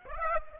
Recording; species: mosquito wingbeat signal from an infrared sensor; Aedes aegypti